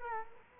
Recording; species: mosquito wingbeat signal from an infrared sensor; Culex quinquefasciatus